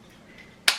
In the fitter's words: and it just snaps into place certainly easy enough for kids um